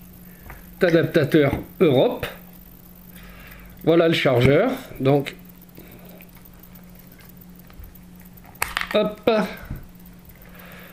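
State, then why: Seated. Someone talks while fitting a small European plug adapter onto the plastic body of a battery charger. A sharp snap is heard at 8.6 seconds as the adapter clips on and seats, followed by a few faint handling clicks.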